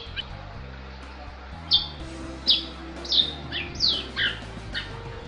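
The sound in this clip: Bali myna producing sparse clear whistled notes, roughly one every half second, some dropping in pitch, over a steady low hum.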